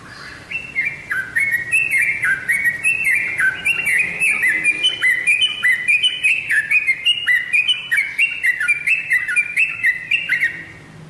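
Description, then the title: Oriental magpie-robin song: rapid whistled phrases that step downward, repeated over and over, with sharp high ticks. "Kicau Kacer"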